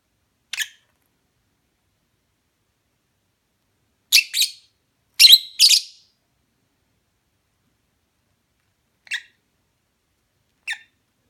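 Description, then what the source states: Lovebird calls, one thin chirp, then paired loud raspy squawks, followed by two lone sharp chirps after quiet gaps. Mating call.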